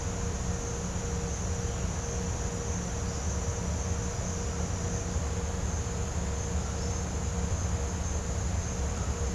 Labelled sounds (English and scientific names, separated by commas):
none